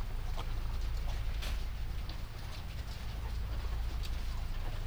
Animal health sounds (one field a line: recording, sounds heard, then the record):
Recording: poultry house recording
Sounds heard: sick chickens (respiratory disease)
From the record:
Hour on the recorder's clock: 22